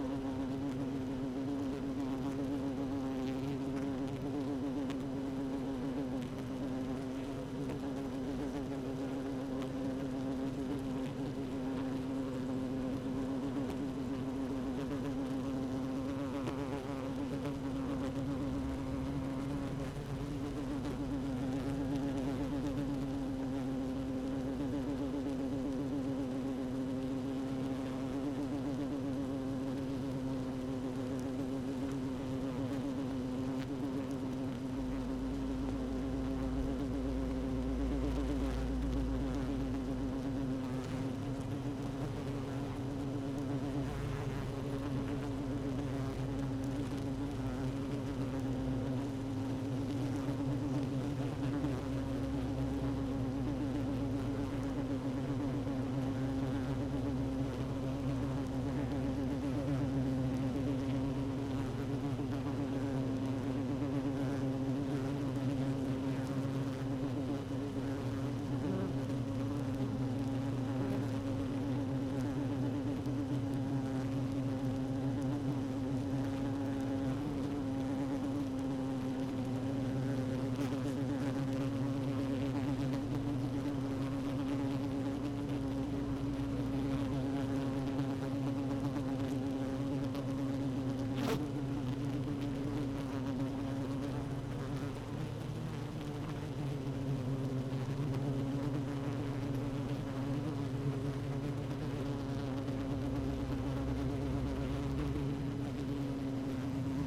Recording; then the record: honeybee colony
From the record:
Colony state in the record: active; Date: 12 June 2018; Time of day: 15:12